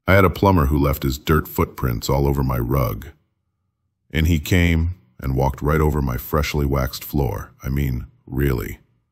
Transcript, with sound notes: I had a plumber who left his dirt foot prints all over my rug [changes voice] In he came, and walk right over my freshly waxed floor, I mean, really.